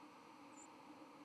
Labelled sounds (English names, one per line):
White-throated Sparrow flight call